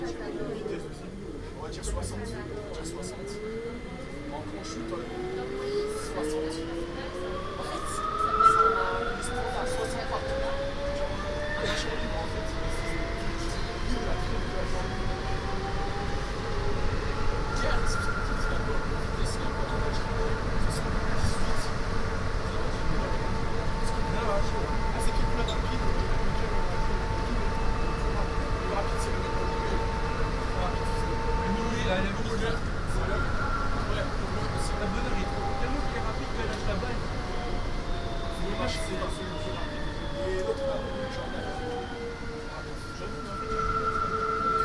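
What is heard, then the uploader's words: A metro train accelerates from a stop, its motor whine rising in pitch over the first fifteen seconds, holding steady through the middle, then falling as it slows near the end. A deep rumble and rattle run underneath, with occasional clicks and thumps from the track. Metro Lille. Metro 1 from Rihour to Gare Lille Flandres and Metro 2 from Gare Lille Flandres to Gare Lille Europe.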